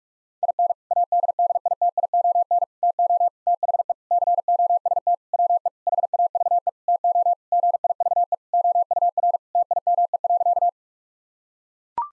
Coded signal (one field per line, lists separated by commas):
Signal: Morse code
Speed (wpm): 41 wpm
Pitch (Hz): 700 Hz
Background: none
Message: IN ADDITION TO THE COST WE HAVE TO GIVE OUR TIME.